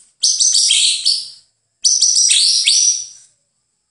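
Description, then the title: White-rumped shama song: two rich, rapid phrases of high warbled and slurred notes, each over a second long, separated by a short pause. "MURAI BATU"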